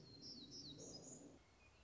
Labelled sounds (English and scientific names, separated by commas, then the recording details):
Black-throated Gray Warbler (Setophaga nigrescens)
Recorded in Sonoma County, California